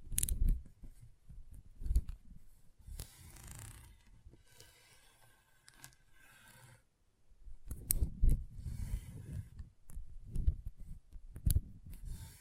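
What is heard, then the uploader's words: Intense magnetic tingles: a run of crisp clicks, snaps and scraping handling noises with low thuddy bumps underneath. Activity is dense from 0–4 seconds, quieter and sparser from 4–7.5, then busy again with sharp snips and taps through the end. ASMR Intense Magnetic Tingles (No Talking).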